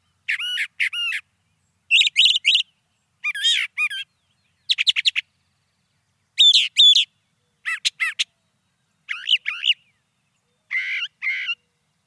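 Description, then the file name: Brown thrasher song, a steady run of varied paired phrases, crisp chirps and buzzy slurs, with brief gaps. "suara kicauan brown thrasher. omkicau"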